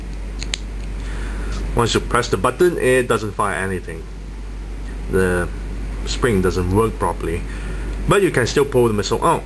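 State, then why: Seated. A green plastic missile is pushed into the hole of the blaster on a 2009 Hasbro Iron Man movie Titanium Man action figure, clicking into place at 0.4 s and 0.5 s. Afterward, someone talks over a steady background hum. The blaster's spring doesn't work properly, so pressing the button fires nothing, but the missile can still be pulled out.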